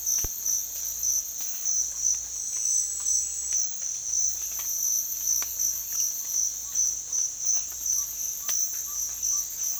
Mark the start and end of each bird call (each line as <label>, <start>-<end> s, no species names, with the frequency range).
bird call (0.8-1.5 kHz), 4.51-9.80 s